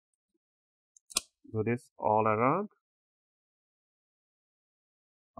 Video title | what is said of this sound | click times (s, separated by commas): How to Upgrade Storage to SSD/HDD for Lenovo Ideapad 3 14Itl6 - Step-by-Step Guide✅ | you might hear a few clicks that's fine that's what you want to hear those are the clips that are getting loose | 1.0 s, 1.1 s, 1.2 s